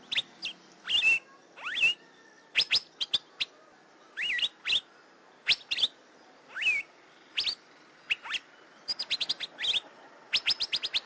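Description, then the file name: Asian fairy-bluebird: a long series of sharp, upward-flicking whistles and hooked notes, grouped in twos and threes, speeding into faster bursts near the end. "suara kacembang gadung"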